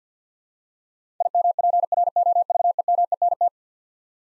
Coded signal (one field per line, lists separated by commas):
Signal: Morse code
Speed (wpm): 50 wpm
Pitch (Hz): 700 Hz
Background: none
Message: IMPROVEMENT